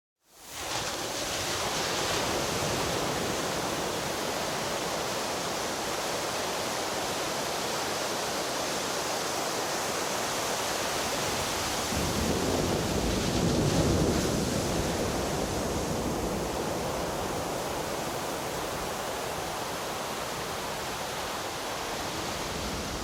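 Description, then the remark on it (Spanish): A rough sea roars steadily, a dense hiss of churning surf that swells louder for a few seconds midway as waves crash, then settles back into a constant rumble. No voices. “El mar se enfurecía por momentos.”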